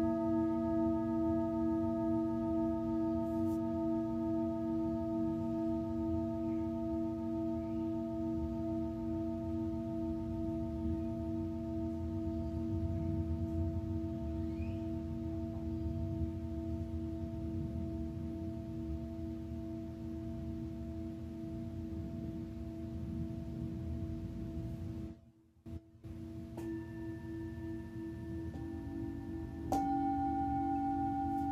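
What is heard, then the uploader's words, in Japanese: Singing bowls ring in long, steady overlapping tones over a low hum, cut by a brief silence near 25 seconds before new, brighter tones enter. 春分 メキシコから シンギングボウルのサウンドヒーリング。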